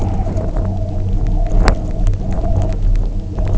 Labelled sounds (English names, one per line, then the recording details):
none
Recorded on Arctic tundra, site UTQI-0, on 27 June 2018
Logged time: 20:00